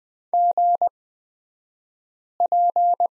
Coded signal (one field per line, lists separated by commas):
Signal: Morse code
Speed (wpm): 20 wpm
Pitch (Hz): 700 Hz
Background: none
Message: GP